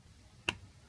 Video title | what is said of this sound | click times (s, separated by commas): My digital oscilloscope (test, teardown, fix) | it clicks and then screw them back to find the original thread instead | 0.5 s